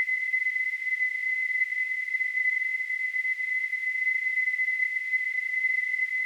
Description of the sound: Tinnitus.